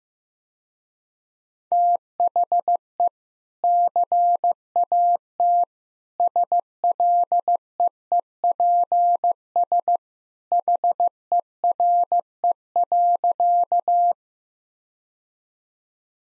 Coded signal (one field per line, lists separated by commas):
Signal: Morse code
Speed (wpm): 15 wpm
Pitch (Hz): 700 Hz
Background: none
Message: THE CAT SLEEPS HERE.